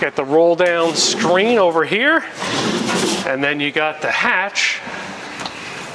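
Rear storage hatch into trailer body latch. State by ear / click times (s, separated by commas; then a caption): seated / 5.5 s. Someone talks while the rear storage hatch of a 2025 Airstream Flying Cloud 27FB Midnight Flamingo Edition trailer is swung shut against the trailer body. A single sharp latch hit sounds at 5.5 s as the hatch closes easily and locks in place.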